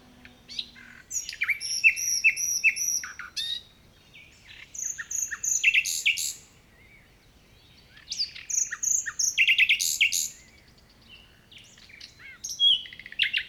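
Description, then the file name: Common nightingale singing varied phrases: steady high whistles, rapid repeated notes and trills in bursts, with short quiet gaps between. "Luscinia megarhynchos"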